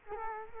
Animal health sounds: mosquito wingbeat signal from an infrared sensor; Culex quinquefasciatus

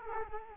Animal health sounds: mosquito wingbeat signal from an infrared sensor; Culex quinquefasciatus

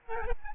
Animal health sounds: mosquito wingbeat signal from an infrared sensor; Aedes albopictus

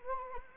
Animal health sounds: mosquito wingbeat signal from an infrared sensor; Anopheles arabiensis

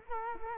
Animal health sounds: mosquito wingbeat signal from an infrared sensor; Culex quinquefasciatus

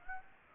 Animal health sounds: mosquito wingbeat signal from an infrared sensor; Aedes aegypti

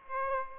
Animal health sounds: mosquito wingbeat signal from an infrared sensor; Aedes aegypti

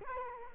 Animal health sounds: mosquito wingbeat signal from an infrared sensor; Culex quinquefasciatus

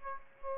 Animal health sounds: mosquito wingbeat signal from an infrared sensor; Aedes aegypti

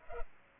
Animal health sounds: mosquito wingbeat signal from an infrared sensor; Culex pipiens

